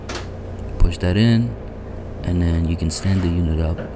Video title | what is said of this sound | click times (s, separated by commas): Mac Pro A1186 - CPU Upgrade or Replacement (2006 and 2008) | Make sure it's sealed and lock in that latch. | 0.1 s